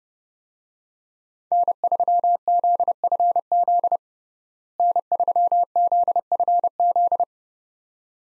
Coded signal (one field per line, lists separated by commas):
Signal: Morse code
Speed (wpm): 30 wpm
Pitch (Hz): 700 Hz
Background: none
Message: N3ZFZ N3ZFZ